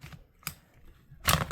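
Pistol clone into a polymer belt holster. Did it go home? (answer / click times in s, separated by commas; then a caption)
no / none. A pistol clone is pushed firmly into a polymer holster on a belt system to make sure it is fully in. A sharp tap sounds near 0.5 s, followed by a louder burst of short knocks from about 1.3 to 1.5 s. The holster's retention has not clicked.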